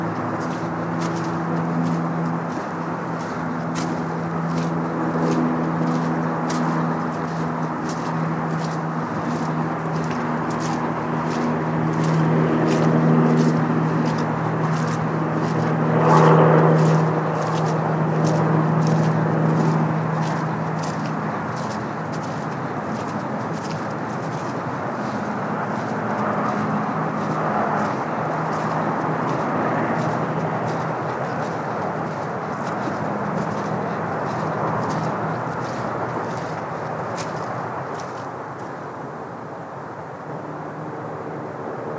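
A walk along a simple trail through woods and field, with footsteps crunching at a steady, regular pace the whole way. Beneath them runs a constant low engine-like drone, swelling slightly around the middle before easing off toward the end.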